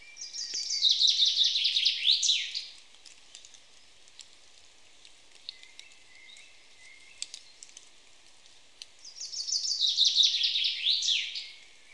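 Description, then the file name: Common chaffinch singing two bright, cascading phrases, stepped trills dropping in pitch and closing with a sharp flourish, with a long gap and faint ticks between them. "Fringilla coelebs"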